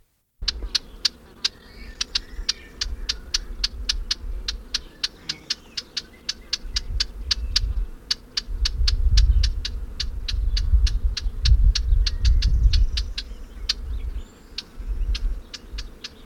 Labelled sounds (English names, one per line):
Western Orphean Warbler call